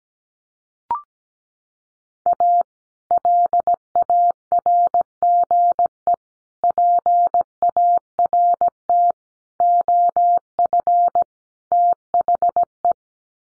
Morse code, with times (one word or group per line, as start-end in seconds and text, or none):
2.3-2.6 A
3.1-6.1 LARGE
6.6-9.1 PART
9.6-11.2 OF
11.7-12.9 THE